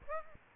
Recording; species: mosquito wingbeat signal from an infrared sensor; Aedes aegypti